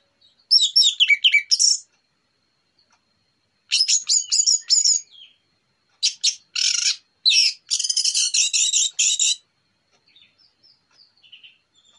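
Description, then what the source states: Orange-headed thrush song: long bursts of rapid, high jumbled notes and harsh chirps, ending with a few soft scattered notes. Morning lure recording, described as relaxed and clear.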